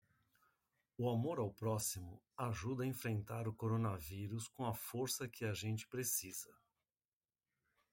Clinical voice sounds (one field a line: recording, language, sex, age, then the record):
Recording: spoken sentence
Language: Brazilian Portuguese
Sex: male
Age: 60 to 69 years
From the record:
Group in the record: control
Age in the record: 63 years